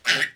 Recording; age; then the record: pig call; piglet (1 to 25 days)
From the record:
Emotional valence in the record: negative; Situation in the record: restrain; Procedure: back test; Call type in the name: high-frequency call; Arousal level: medium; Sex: male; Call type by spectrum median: high-frequency call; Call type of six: low-frequency tonal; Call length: 0.36 s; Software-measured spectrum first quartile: 1733 Hz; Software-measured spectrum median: 2429 Hz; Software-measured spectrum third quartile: 3736 Hz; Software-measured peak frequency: 1918 Hz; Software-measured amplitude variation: 268 dB a second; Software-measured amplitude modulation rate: 8.4 a second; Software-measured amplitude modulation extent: 31.9 dB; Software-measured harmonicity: 0.8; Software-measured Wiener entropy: -1.43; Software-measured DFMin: 906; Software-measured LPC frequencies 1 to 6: 1643, 1954, 2895, 3499, 4204, 5089 Hz